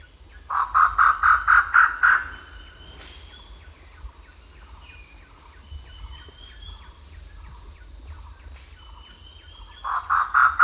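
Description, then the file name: Grey peacock-pheasant giving a run of several loud, evenly spaced notes, then a long pause before another series begins, over a constant high insect hiss. "Grey Peacock Pheasant Polyplectron bicalcaratum"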